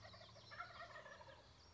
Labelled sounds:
Wild Turkey (Meleagris gallopavo)
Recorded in Sonoma County, California

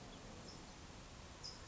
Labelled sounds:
California Towhee (Melozone crissalis)
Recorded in Sonoma County, California

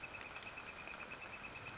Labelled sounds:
Northern Flicker (Colaptes auratus)
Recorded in Sonoma County, California

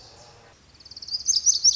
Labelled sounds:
Lazuli Bunting (Passerina amoena)
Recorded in Sonoma County, California

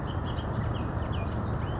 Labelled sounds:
Bullock's Oriole (Icterus bullockii)
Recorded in Sonoma County, California

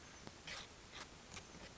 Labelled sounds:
Oak Titmouse (Baeolophus inornatus)
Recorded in Sonoma County, California

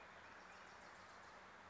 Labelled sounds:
Wilson's Warbler (Cardellina pusilla)
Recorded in Sonoma County, California

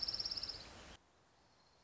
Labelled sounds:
Orange-crowned Warbler (Leiothlypis celata)
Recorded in Sonoma County, California

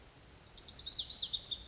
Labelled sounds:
Pacific Wren (Troglodytes pacificus)
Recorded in Sonoma County, California

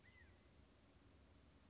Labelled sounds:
California Quail (Callipepla californica)
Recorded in Sonoma County, California

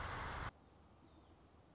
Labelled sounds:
Song Sparrow (Melospiza melodia)
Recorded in Sonoma County, California

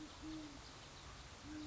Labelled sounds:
Great Horned Owl (Bubo virginianus)
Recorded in Sonoma County, California

